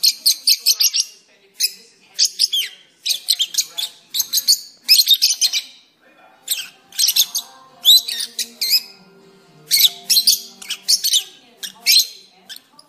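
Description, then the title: Oriental magpie-robin pouring out quick high trills and chattering phrases, repeated in bursts with short breaks, steady throughout. "Kicau Kacer"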